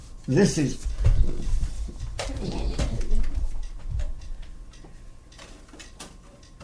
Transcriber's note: movement sounds